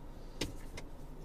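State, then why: Not seated. The plastic lid of the centre armrest console in a Mazda CX-3 is closed over the compartment, making a sharp hit at 0.4 s and a softer one at 0.8 s over a low background hum. The lid only rests over the compartment and has not latched or clicked shut.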